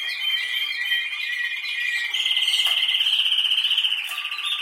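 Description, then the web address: Canary song shifting from a lower buzzy trill to a loud, fast pulsed roll on a higher pitch, with a short lower whistle near the end. "Canari Seda Canari"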